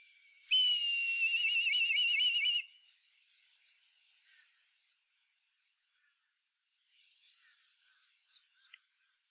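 Black kite calling once with a two-second whistled note that quivers rapidly, followed by quiet with a few faint, brief chirps in the background.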